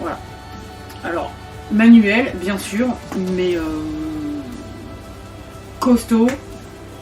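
Someone talks while handling a manual water pump on a water container, showing its locking mechanism. Background music plays under the voice. The pump has not clicked or locked into place yet.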